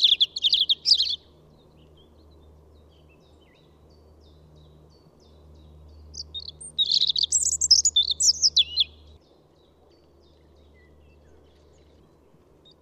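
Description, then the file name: European robin singing two separate high warbling phrases of quick thin notes and trills, separated by several seconds of quiet. "Pettirosso"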